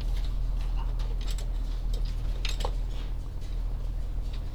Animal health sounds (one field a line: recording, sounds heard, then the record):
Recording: poultry house recording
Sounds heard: sick chickens (respiratory disease)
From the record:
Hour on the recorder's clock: 14